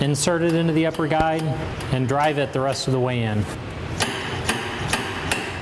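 Someone talks, then a die driving rod inserted through the upper guide drives a steel shaped-tooling die into the die table bore of a tablet press with four sharp metallic taps at 4.0, 4.5, 4.9 and 5.3 seconds. The die ends up seated firmly in the bore.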